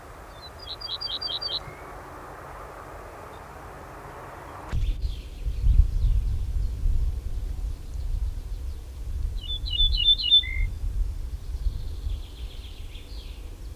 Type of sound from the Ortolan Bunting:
song